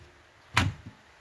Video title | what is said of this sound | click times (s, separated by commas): HOW TO change your brake lights - A quick no-nonsense guide! | down into place that's hard clicked in | 0.6 s